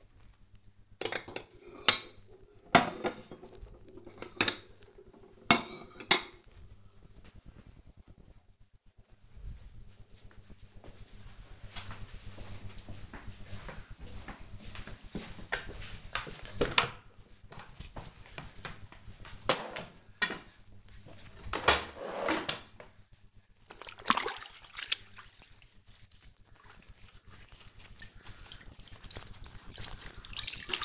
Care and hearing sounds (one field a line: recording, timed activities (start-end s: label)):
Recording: household activities, microphone on the right wrist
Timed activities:
0.00-7.00 s: putting away the dishes
16.04-30.85 s: floor cleaning